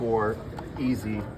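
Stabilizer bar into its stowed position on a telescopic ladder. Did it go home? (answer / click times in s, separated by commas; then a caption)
no / none. A stabilizer bar on a telescopic ladder is handled after its quick release is undone, being pushed back toward its stowed position for easy storage. Someone talks over low rumbling handling noise. Nothing has seated or clicked yet.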